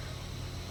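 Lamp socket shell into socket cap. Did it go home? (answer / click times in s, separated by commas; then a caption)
no / none. A lamp socket shell is handled over its base cap on an old lamp, with only a steady low rumble and faint hiss and no distinct hits. Nothing has seated or clicked yet.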